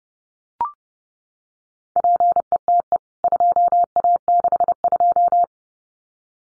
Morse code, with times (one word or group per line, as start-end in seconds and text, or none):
2.0-3.0 PETE
3.2-5.4 2A62